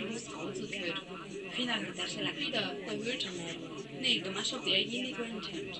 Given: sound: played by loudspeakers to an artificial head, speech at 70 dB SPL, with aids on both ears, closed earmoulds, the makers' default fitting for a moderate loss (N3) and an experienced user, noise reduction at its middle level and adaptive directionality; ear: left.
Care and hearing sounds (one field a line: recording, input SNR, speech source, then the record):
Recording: speech test signal (ISTS) in cocktail-party noise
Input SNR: 0 dB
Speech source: on the right (90 degrees)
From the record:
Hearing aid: class 1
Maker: C